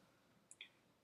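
The replacement screen glass of an iPod Touch 4 is closed onto the housing and pressed down firmly, after the touch ribbon cable has been clipped in. Two short, sharp clicks sound at 0.5 s and 0.6 s: the first is bright and very high, and the second is a slightly longer, lower snap. The glass's clips snap home and it is seated in the housing.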